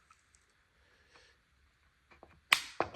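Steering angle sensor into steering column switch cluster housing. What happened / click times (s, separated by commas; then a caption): The plastic sensor part snapped home onto its housing / 2.5 s. A steering angle sensor on a BMW E92 335d is lined up by its screw holes and pressed onto the steering column switch cluster (SZL) housing. After faint handling noises, one sharp, loud click at 2.5 s is followed by smaller knocks. The sensor clips home and is properly fitted together.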